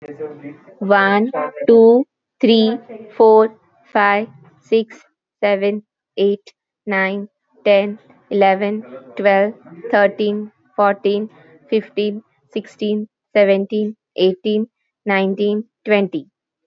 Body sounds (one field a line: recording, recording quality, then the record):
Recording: counting at a normal pace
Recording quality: excellent, no background noise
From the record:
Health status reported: COVID-19 positive, no symptoms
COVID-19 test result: positive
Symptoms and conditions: none ticked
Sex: female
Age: 36 years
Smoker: not ticked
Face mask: not worn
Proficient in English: yes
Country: India